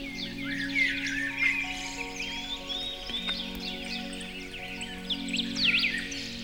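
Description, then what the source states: Birds calling with high, rapid chirps and short whistles, accompanied by gentle sustained music. Birdsong mixed with music.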